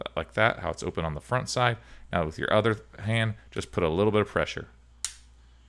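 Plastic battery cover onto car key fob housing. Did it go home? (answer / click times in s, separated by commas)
yes / 5.1 s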